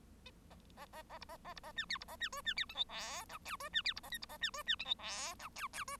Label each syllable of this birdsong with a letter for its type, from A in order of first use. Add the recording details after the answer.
A A A A B A A B A C D B A C E C D F G H I J E C D B A K B A C E C F G H I J J E. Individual Bird1